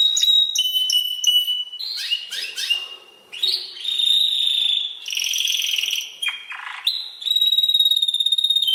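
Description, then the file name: Canary song with pure whistled notes, swooping glides and buzzy trills alternating, separated by brief pauses. "Canary Singing"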